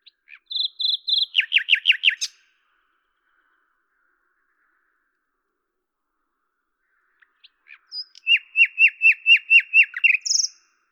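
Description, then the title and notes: Common nightingale song in two phrases: a held whistle then quick descending repeated notes, silence for several seconds, then a long run of evenly repeated notes ending in a higher flourish. Recorded at Lavours, France, on 10 May 1998 with a Tascam DAP-1 recorder and Telinga microphone, edited in Samplitude 5.1. "rossignol à LAVOURS. D83, 01350 Lavours, France. 10/05/1998"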